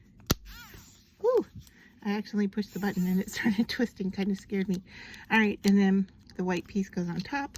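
A plastic battery cover snaps back onto the body of a battery-operated quilling tool after the batteries are loaded, with a sharp click at 0.3 s. The power button was also pressed by accident, so the click may not be the snap. Afterward someone talks.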